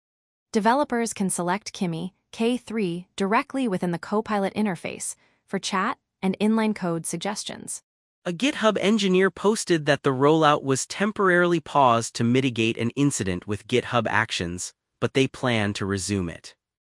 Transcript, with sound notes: Developers can select Kimi K3 directly within the Copilot interface for chat and inline code suggestions.
[thoughtful] A GitHub engineer posted that the roll-out was temporarily paused to mitigate an incident with GitHub Actions, but they plan to resume it.